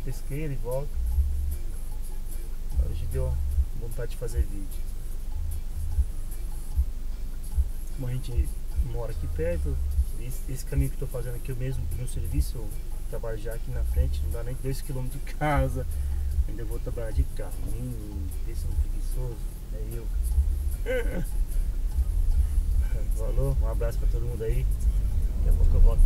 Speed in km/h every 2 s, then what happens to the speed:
0, 0, 0, 0, 0, 0, 0, 0, 0, 0, 5, 10, 15.
0-18 standing. 18-26 pulls away to 15.